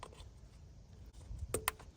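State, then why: Seated. A plastic electrical plug on the wiring harness is pushed onto a low-mounted connector in the engine bay of a Mini Cooper S, in the thermostat and coolant area, during the thermostat and link pipe refit. After a low rumble, two sharp clicks sound at 1.5 s and 1.7 s as the connector seats.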